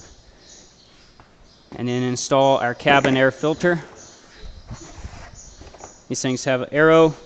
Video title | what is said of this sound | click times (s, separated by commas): 4th Gen Dodge Ram Aluminum Blend Door Upgrade From Blend Door USA - Complete Installation | just pushes down snaps into place | 1.2 s